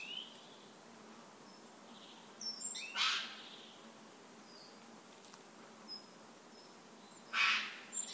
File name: Garrulus glandarius